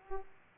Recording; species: mosquito wingbeat signal from an infrared sensor; Aedes aegypti